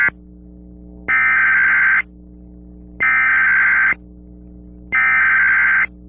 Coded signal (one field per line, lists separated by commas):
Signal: Emergency Alert System (SAME) tones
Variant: header bursts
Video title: The Simpsons eas